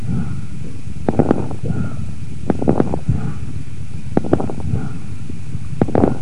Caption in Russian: Крепитация возникает в альвеолах, стенки которых, в силу определенных причин, оказываются смоченными вязким секретом. Вследствие этого, на высоте вдоха, когда происходит расправление пораженных альвеол, возникает особый звук, напоминающий нежный треск. Крепитация, в отличие от хрипов, не изменяется после покашливания. На фоне бронхиального дыхания, вы услышите крепитацию. Крепитация может быть выслушана на первой и третьей стадиях крупозной пневмонии, при бронхопневмонии, а также у пациентов с пневмосклерозом, компрессионным ателлектазом и левожелудочковой сердечной недостаточностью.